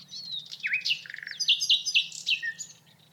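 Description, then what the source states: Common nightingale song: a rich, varied phrase of whistles, sharp downslurred notes and quick chirps, rising and falling in pitch, with a faint low hum beneath. Recorded 29 March 2006.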